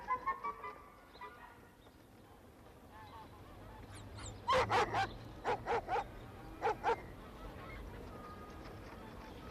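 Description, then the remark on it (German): Search dogs bark in a quick cluster of sharp, loud yaps, then a few more spaced barks follow, with softer whining sounds earlier over a low steady background. “Aber die Hunde verlieren die Witterung, sobald man sie aus dem Garten herauslässt”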